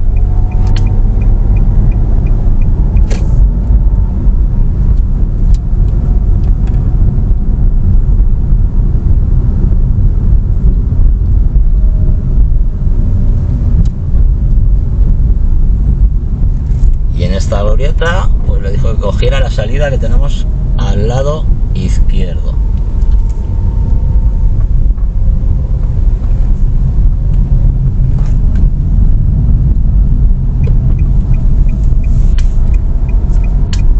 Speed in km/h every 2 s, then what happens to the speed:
27, 29, 29, 29, 27, 24, 23, 22, 21, 20, 15, 16, 17, 20, 17, 22, 24.
0-6 steady at about 29. 6-20 slows to 15. 20-34 speeds up to 24.